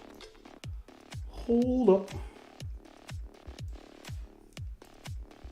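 A plastic Tallgeese model-kit body part is handled against the waist/torso assembly over a couple of tries, while background music with a steady beat plays and someone talks briefly. Nothing has seated or clicked yet by the end of the clip.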